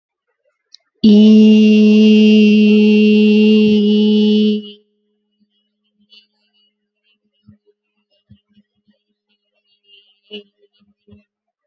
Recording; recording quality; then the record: sustained vowel as in beet; excellent, no background noise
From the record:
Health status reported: healthy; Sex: female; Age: 21 years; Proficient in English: yes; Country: India